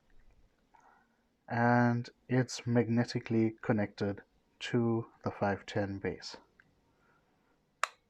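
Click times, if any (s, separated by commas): 7.8 s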